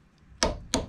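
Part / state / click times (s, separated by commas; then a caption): torque wrench on brake caliper bolt / torque reached / 0.4 s, 0.7 s. A 3/8 in torque wrench set to 35 Nm tightens the brake caliper bolts on a Yamaha R1 4C8 motorcycle. After a faint tick at 0.2 s, two sharp, loud clicks ring out at 0.4 s and 0.7 s, confirming the wrench has reached the set torque.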